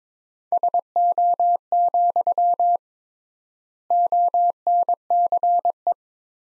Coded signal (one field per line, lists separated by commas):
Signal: Morse code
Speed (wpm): 22 wpm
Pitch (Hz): 700 Hz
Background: none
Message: SO, ONCE